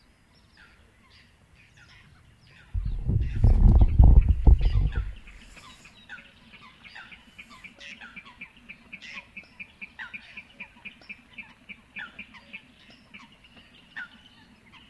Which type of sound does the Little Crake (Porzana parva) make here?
call